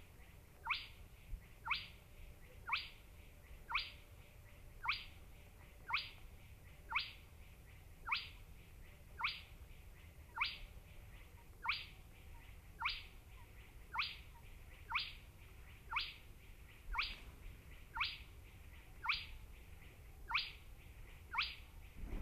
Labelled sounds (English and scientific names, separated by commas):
Spotted Crake (Porzana porzana) song